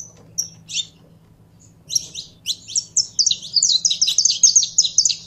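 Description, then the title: Belgian canary song: a few isolated chirps, then a long fast rolling trill of high repeated notes, with a low hum in the background. Song of a purebred Belgian canary. "Canto Do Canário Belga Puro"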